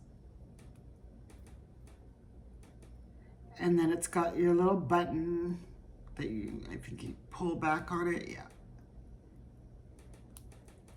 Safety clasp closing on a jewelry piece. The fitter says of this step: and then it snaps right in so this was 30% silver